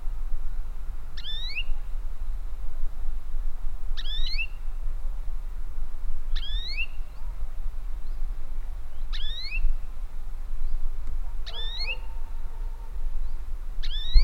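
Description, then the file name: European greenfinch repeating a sharp, upward-sweeping wheezy call about every 2.5 seconds, against a constant low rumbling background. "Chloris chloris"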